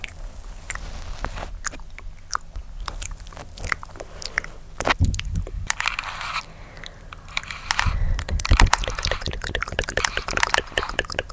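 Mouth sounds made up of quick clicks and tongue taps come in irregular bursts, crunchy and wet like biting or chewing. Soft rustles from hand movements and breathy swishes slip between them, growing busier after about six seconds with a dense cluster near eight to nine seconds.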